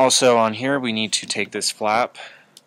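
Someone talks while handling a hinged plastic flap on a transforming PRS Tiger Zord toy robot vehicle body, which is about to be raised to expose locking tabs. A faint short tick is heard near 2.6 s, and nothing has seated or clicked into place yet.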